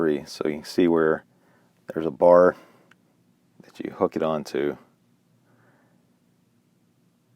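Someone talks while the plastic engine cover of a BMW 328i (E90 series) has its rear hook placed onto the mounting bar, then is positioned and lowered before being clipped down. Only quiet rustles are heard between the talking, and nothing has clicked or seated yet.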